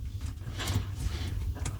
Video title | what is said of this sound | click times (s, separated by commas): 💥 FIXED: Miele Dishwasher CHECK FILTERS Warning 🚫 (Quick DIY Guide!) | Okay, so it's locked in place now. | 1.7 s